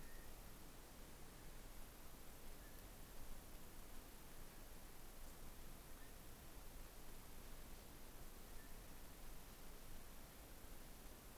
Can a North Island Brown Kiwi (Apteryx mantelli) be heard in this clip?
no